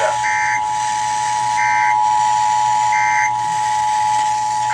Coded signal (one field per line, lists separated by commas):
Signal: Emergency Alert System (SAME) tones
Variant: 853 and 960 Hz attention tone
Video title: Pennsylvania Required Monthly Tests (1/20/22)(EAS 1054-1061)